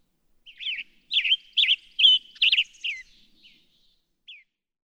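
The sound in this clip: Western tanager singing a run of six hoarse, slurred phrases in quick succession, then two faint trailing notes after a pause.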